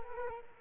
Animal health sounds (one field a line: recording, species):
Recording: mosquito wingbeat signal from an infrared sensor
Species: Culex quinquefasciatus